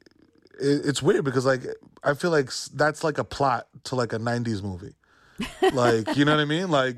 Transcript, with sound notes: it's weird because, like, I feel like that's like a plot to, like, a '90s movie.
(Laughter).
Like, you know what I mean?